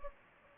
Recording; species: mosquito wingbeat signal from an infrared sensor; Anopheles gambiae